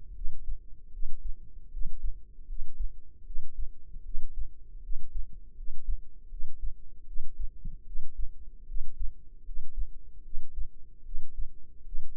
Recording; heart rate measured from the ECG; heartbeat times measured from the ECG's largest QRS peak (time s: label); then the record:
heart sounds by microphone in the left ear; 77 bpm
0.13 s: heartbeat
0.91 s: heartbeat
1.70 s: heartbeat
2.46 s: heartbeat
3.24 s: heartbeat
4.02 s: heartbeat
4.81 s: heartbeat
5.54 s: heartbeat
6.28 s: heartbeat
7.04 s: heartbeat
7.84 s: heartbeat
8.65 s: heartbeat
9.43 s: heartbeat
10.22 s: heartbeat
11.03 s: heartbeat
11.83 s: heartbeat
From the record:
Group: healthy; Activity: rest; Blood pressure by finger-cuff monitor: 120/82 mmHg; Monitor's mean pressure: 93 mmHg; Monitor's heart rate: 77 bpm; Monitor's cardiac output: 5.7 L/min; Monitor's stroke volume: 74 mL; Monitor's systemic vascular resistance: 1180 dyn s/cm5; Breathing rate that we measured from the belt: 17 breaths a minute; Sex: female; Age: 22 years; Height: 160 cm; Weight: 45 kg